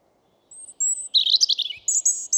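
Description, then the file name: European robin phrase of thin high whistles followed by a fast jumble of tinkling, warbled notes, brief but clear against a quiet background. "Erithacus rubecula"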